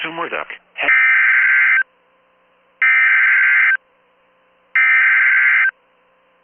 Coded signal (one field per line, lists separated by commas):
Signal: Emergency Alert System (SAME) tones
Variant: header bursts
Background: speech